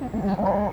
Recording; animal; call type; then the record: contact call of a hoofed animal; goat; low-frequency (closed-mouth) or high-frequency (open-mouth) call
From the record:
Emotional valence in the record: negative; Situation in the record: short social isolation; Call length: 0.72 s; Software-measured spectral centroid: 1270 Hz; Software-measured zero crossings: 1110 a second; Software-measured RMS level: -24 dBFS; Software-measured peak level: -12 dBFS